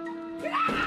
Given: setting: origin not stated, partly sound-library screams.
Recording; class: one-second piece from a danger detection set; woman in danger